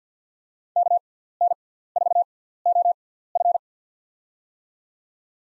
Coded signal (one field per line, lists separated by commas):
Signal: Morse code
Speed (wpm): 50 wpm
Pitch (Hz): 700 Hz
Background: none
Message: KN4OF